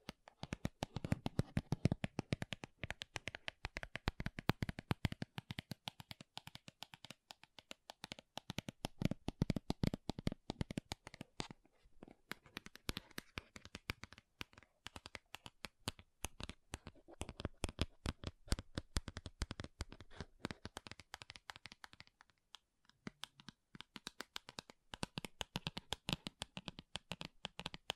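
Makeup tapping and scratching: dense, rapid clicks and crisp scrapes run almost without pause, bright and papery like shuffled cards. Short breaks come near 12, 22 and 25 seconds, and the busiest, loudest bursts fall in the first ten seconds.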